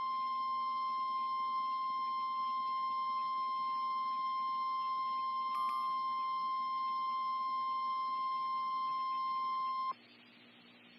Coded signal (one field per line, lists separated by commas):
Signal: Emergency Alert System (SAME) tones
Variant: 1050 Hz attention tone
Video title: Severe Thunderstorm Warning (Stream) (EAS Alert #534)